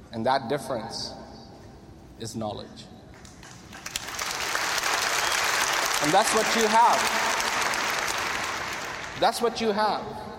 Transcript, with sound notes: and that difference is Knowledge (applause) and that's what you have, that's what you have.